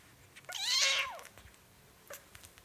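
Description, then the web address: Cat: kitten mew: one loud, high, slightly wavering cry, followed by faint clicks. Four-week-old kitten mewing while drinking milk from a bottle. "BBC Cats Mewing"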